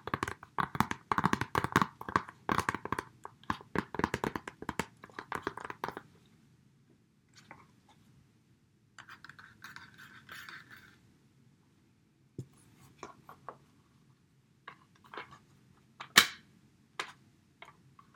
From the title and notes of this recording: The relaxing sounds of a DVD and DVD Case.